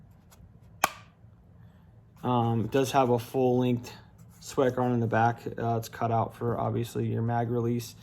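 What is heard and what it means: A Springfield Hellcat pistol is pushed into a molded polymer holster that has an optic cut, and it gives one sharp, audible click at 0.8 s as it seats. Someone then talks over the rest of the clip.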